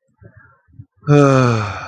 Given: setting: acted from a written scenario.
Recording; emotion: vocal sound without words; contentment